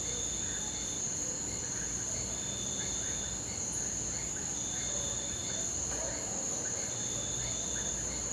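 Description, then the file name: Loud crickets keep up a steady, shrill pulsing trill, with quieter chirping calls scattered underneath and a low constant rumble. Rural night ambience recorded from inside a house; loud crickets. "Ambiencia rural a noite gravacao dentro de casa grilos fortes cigarras sapos cachorro longe"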